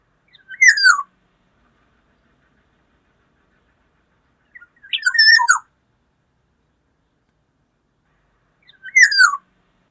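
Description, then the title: Black-naped oriole giving a short whistled phrase, repeated three times at roughly four-second intervals with silence between. "Kepodang"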